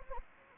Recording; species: mosquito wingbeat signal from an infrared sensor; Anopheles gambiae